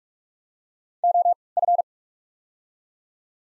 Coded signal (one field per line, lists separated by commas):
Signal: Morse code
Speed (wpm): 47 wpm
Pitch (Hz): 700 Hz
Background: none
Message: O F